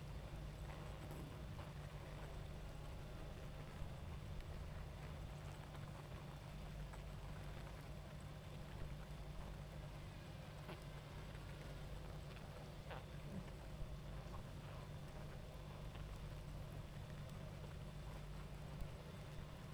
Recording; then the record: honeybee colony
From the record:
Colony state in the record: active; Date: 28 July 2017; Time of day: 21:45